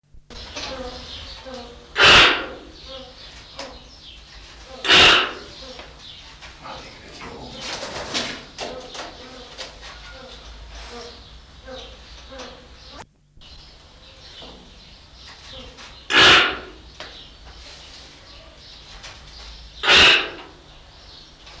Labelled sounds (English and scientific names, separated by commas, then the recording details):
Toco Toucan (Ramphastos toco) call
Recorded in captivity
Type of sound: call
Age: adult
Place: Zoo Halle, Sachsen-Anhalt, DE
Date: 1993-04-26
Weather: heiter, 26 °C
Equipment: Sony WM-D6C, Sony ECM-939 LT, Kopie Uher Variocord 263
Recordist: Tembrock, Günter
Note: Schnarrlaute. Abstand: 2 m